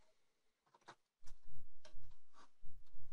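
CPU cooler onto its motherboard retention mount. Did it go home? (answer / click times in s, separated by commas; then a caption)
no / none. A CPU cooler is set back over the Core 2 Duo E4600 CPU and lined up on its motherboard retention mount in an HP Compaq dc7800, before it is pressed home. Faint ticks come at about 0.9 and 1.9 seconds, with bursts of low handling rumble from about 1.2 seconds on. Nothing has seated or clicked yet.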